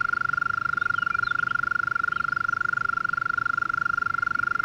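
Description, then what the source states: European mole cricket continuous churring trill, with a few faint bird calls in the background. Small population in a flooded alpine pasture at 1250 m, Le Villard, Drôme, France, 3 May 2020, heard every year at this period; recorded in stereo on Nagra Seven with MKH40 microphone.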